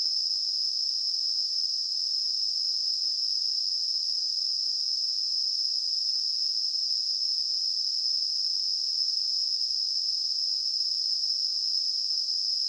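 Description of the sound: A steady, unbroken high-pitched hiss or ring, centred around 5 kHz with a fainter band higher up, holds at constant loudness for about 13 seconds. It is a simulated sample of tinnitus, the ringing or hissing some people hear without an outside source.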